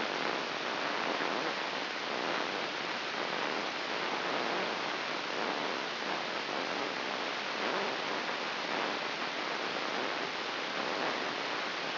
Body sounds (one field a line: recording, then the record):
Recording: brain microelectrode recording played as sound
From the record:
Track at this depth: inside the subthalamic nucleus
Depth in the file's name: 5.712 mm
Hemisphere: left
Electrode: 3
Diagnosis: Parkinson's disease